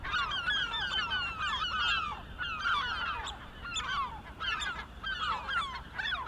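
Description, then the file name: Gulls giving raucous, slurred squealing calls in overlapping bursts, over a constant low background noise. Several gulls, recorded 23 May 2004. "Mouettes 040523"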